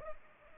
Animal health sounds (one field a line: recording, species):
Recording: mosquito wingbeat signal from an infrared sensor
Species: Culex pipiens